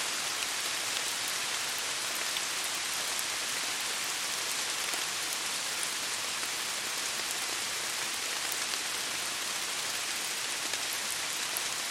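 Rain falls steadily in a forest, countless individual drops pattering on leaves and other surfaces. The hiss is dense and bright, holding an even level across the whole stretch, with faint crisp ticks of drops scattered throughout and little low rumble beneath.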